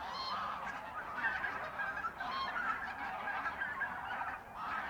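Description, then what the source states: Goose: geese calling as a large flock, a dense overlapping chorus of honks with a few louder calls standing out. Geese at the re-naturalised Polder Glies, Sellstedt, Germany, 9 November 2020; binaural ORTF pair of t.bone SC 140 microphones with Rycote windjammer, TASCAM DR100 MK3.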